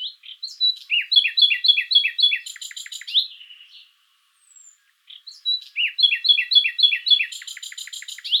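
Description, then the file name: Common nightingale song in two loud bursts, each a quick series of repeated downslurred notes ending in a dry rattling trill, with a brief pause between them. "Luscinia megarhynchos"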